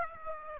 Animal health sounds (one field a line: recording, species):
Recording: mosquito wingbeat signal from an infrared sensor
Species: Aedes aegypti